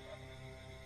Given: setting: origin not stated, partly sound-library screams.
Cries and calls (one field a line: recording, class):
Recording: one-second piece from a danger detection set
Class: normal situation